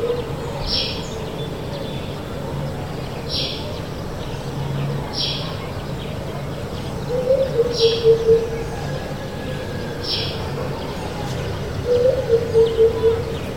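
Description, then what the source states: Senegal coucal song: two deep, bubbling runs of hollow hooting notes a few seconds apart, with high, short whistles from another bird repeating and a steady low rumble. Song in a neighbourhood soundscape of Nkolmbong-Nord, Émana, Yaoundé, Cameroon; 24 November 2025, 9:29 a.m.; recorded with a TASCAM DR-05, edited in Audacity.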